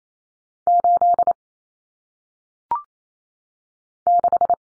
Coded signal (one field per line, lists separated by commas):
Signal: Morse code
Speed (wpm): 28 wpm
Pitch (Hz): 700 Hz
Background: none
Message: 8 6